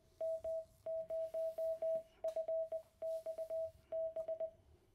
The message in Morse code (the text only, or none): M0FXB